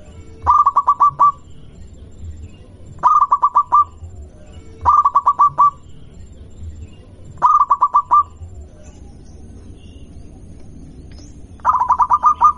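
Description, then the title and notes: Zebra dove repeating its cooing phrase several times, each a quick burst of pulsed mid-pitched notes, with a longer quiet stretch before the last phrase; low hum underneath. Local zebra dove (perkutut lokal). "Kicau Perkutut Lokal. Kicau Burung Perkutut"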